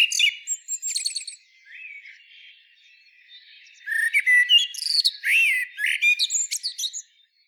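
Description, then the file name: Common blackbird singing a scratchy high twitter first, then a quieter stretch, followed by a run of rapid fluted and chattering notes rising and falling in quick succession. "Turdus merula"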